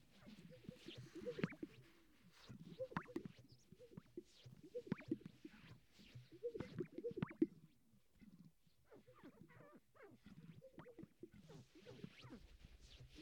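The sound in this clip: Sage-grouse display sounds: bubbling coos and pops in waves, quieter toward the end.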